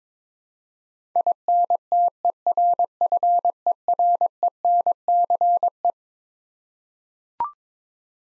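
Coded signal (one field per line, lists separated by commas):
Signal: Morse code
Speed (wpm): 22 wpm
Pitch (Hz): 700 Hz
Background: none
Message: INTERFERENCE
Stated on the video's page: Morse code head-copy drill of twelve-letter words at 22 wpm, each word sent, spoken, then sent again.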